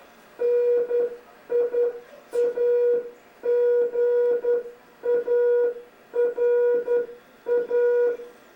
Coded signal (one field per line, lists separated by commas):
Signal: Morse code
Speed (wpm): 10 wpm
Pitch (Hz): 480 Hz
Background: none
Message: NIAGARA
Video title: Niagara Peninsula Amateur Radio Club - 1987 - Hamfest - Award Dinner - Field Day - Christmas Party